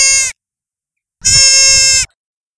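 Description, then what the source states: Young deer bleating twice: a brief high nasal cry, then after a pause a longer, steady, tonal bleat lasting under a second. Young deer, a baby.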